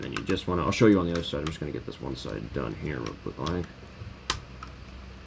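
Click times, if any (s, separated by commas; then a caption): 4.3 s. Someone talks while transforming a plastic Transformers crossover Party Wallop toy robot, flipping the panels on one side together. A sharp plastic snap at 4.3 s marks the side panel seating into the toy's body, followed by a couple of faint ticks.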